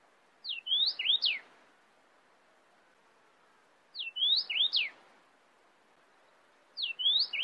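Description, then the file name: Cardinal song in repeated bursts: each a rapid string of clear sliding whistles, recurring about every three seconds over a quiet background. "tieng chim hong y giao chu don sac"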